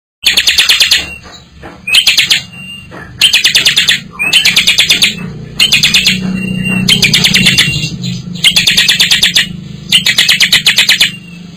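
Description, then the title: Bar-winged prinia song: loud, rapid rattling bursts of clipped notes repeated every second or so, over a low background hum. From a collection of vigorously singing (gacor) birds and young birds. "Kicau Ciblek new - putri sherin"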